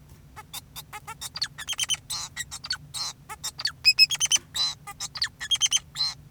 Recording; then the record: song of a male Bengalese finch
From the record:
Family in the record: son of father 2, and himself father 4